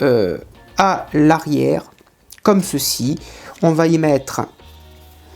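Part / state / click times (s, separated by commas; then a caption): plastic plate into the rear of a scale model car body part / not seated / none. Someone talks while handling a plastic plate that is laid onto the rear of a 1/8 scale Peugeot 205 GTI 1.9 model car part (Ixo Collections no. 1), ready to be pressed into the chassis. Nothing has seated or clicked yet.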